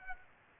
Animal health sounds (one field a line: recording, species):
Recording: mosquito wingbeat signal from an infrared sensor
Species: Aedes aegypti